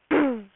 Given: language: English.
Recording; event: throat vibration sensor signal played as sound; throat clearing